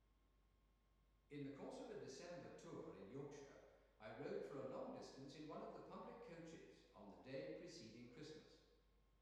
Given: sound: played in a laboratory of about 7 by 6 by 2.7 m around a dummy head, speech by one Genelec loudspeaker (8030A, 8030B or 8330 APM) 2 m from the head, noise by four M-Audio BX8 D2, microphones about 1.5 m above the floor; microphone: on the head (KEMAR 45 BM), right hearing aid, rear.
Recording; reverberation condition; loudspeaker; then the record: male speech in English; high; in front (0 degrees)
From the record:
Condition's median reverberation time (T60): about 1300 ms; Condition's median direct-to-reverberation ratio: about -4.0 dB